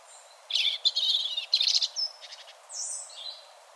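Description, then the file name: European robin song: a short, varied phrase of high, thin warbles and trills, then a clear whistled note and a descending sweet whistle near the end. "Erithacus rubecula"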